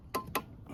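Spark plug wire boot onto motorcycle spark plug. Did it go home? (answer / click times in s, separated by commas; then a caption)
yes / 0.4 s. A new, greased spark plug cable boot is pushed onto the spark plug terminal of a 2004 Harley Davidson Softail Deuce motorcycle. A sharp click at 0.1 s is followed by a louder snap at 0.4 s as the boot seats onto the plug.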